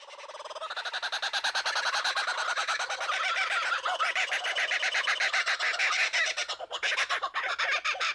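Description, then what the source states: Kookaburra laughter opening with lower chuckles that build into loud, frantic cackling, with notes tumbling over one another in an excited rolling chorus. Several kookaburras laughing.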